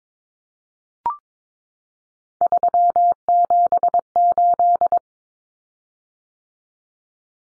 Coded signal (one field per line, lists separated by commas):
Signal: Morse code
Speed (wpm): 22 wpm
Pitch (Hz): 700 Hz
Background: none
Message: 378